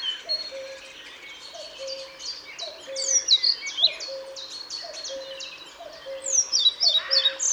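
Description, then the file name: European pied flycatcher song: quick high phrases of pulsing notes, while a low tone repeats steadily underneath. Recorded at Paehl on 1 May 2014. "Trauerschnaepper 01 05 2014 Paehl WM Michle Pron"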